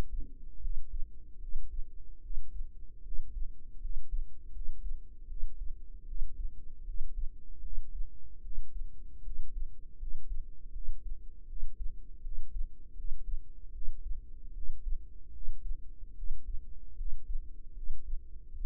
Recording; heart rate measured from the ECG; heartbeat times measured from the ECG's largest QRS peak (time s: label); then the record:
heart sounds by microphone in the right ear; 77 bpm
0.59 s: heartbeat
1.38 s: heartbeat
2.20 s: heartbeat
3.01 s: heartbeat
3.78 s: heartbeat
4.50 s: heartbeat
5.26 s: heartbeat
6.04 s: heartbeat
6.83 s: heartbeat
7.60 s: heartbeat
8.40 s: heartbeat
9.21 s: heartbeat
9.96 s: heartbeat
10.71 s: heartbeat
11.45 s: heartbeat
12.20 s: heartbeat
12.93 s: heartbeat
13.70 s: heartbeat
14.51 s: heartbeat
15.30 s: heartbeat
16.13 s: heartbeat
16.94 s: heartbeat
17.72 s: heartbeat
18.53 s: heartbeat
From the record:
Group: healthy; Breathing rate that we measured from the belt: 21 breaths a minute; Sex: female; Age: 19 years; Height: 163 cm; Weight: 48.9 kg